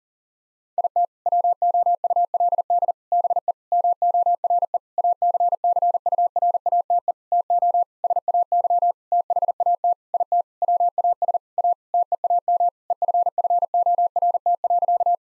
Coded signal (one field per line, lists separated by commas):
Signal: Morse code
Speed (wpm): 40 wpm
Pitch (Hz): 700 Hz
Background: none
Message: IT WOULD BE MORE ACCURATE TO SAY THAT IT WAS A TEAM EFFORT.